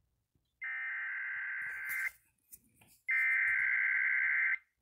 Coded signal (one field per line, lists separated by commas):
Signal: Emergency Alert System (SAME) tones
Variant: header bursts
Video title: WJON SVR EAS #403 #eas